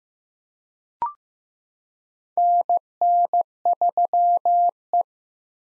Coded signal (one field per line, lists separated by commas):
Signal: Morse code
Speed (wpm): 15 wpm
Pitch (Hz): 700 Hz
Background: none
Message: NN3E